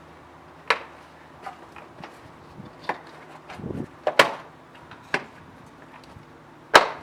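A plastic kidney grille on a BMW 5 Series is pushed straight into the front bumper opening so its retaining clips snap in. Sharp snapping hits ring out at 0.7, 4.2, 5.1 and 6.8 seconds, with softer taps and rustling between them. The grille clips seat in the bumper.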